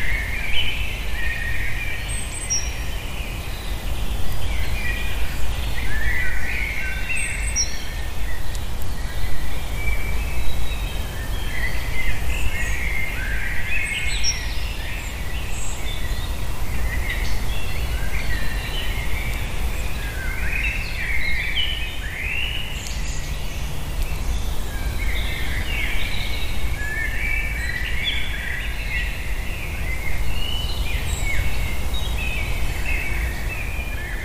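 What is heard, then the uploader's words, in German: Birds in a forest on a March evening chirp and trill constantly over a steady low rumble that persists throughout the whole recording. Sonnenuntergang im Wald.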